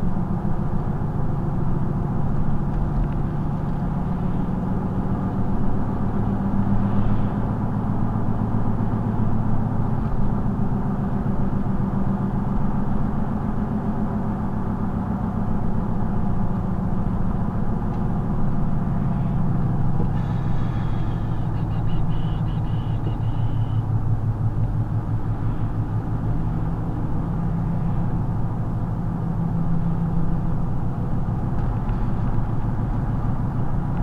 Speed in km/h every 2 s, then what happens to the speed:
60, 61, 63, 68, 68, 68, 66, 64, 63, 60, 55, 52, 52, 56, 56, 56, 56.
0-11 speeds up to 68. 11-22 slows to 52. 22-34 steady at about 56.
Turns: none.